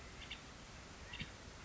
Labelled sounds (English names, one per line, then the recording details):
California Quail
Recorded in Sonoma County, California